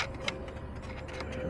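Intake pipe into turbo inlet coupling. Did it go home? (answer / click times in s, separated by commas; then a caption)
yes / 0.0 s, 0.3 s. The second intake charge pipe of a Burger Motorsports aftermarket intake is pushed onto its turbo inlet coupling fitting in the engine bay of a 2020 BMW X3M Competition (F97). Sharp clicks sound at 0.0 s and 0.3 s over a steady low hum as the pipe snaps home. The coupling is seated with a solid click.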